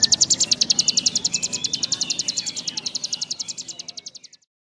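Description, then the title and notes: Bar-winged prinia delivering a fast, even string of high, sharp notes that fades and stops after about four seconds. Collection of vigorously singing (gacor) ciblek birds, including young birds. "Kicau Ciblek. kumpulan suara burung ciblek gacor dan anakan"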